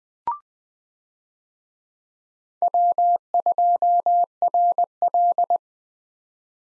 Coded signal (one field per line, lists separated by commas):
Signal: Morse code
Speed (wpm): 20 wpm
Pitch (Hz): 700 Hz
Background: none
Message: W2RL